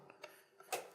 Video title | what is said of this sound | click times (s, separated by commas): How To Assemble Your VertDesk v3 Programable Switch | that clicked into place and | 0.7 s